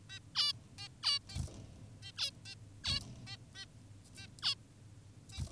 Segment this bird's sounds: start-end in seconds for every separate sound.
0.10-0.19, 0.35-0.53, 0.78-0.89, 1.03-1.19, 1.29-1.39, 2.02-2.12, 2.18-2.31, 2.45-2.55, 2.84-3.00, 3.27-3.37, 3.55-3.66, 4.17-4.27, 4.42-4.55, 5.33-5.41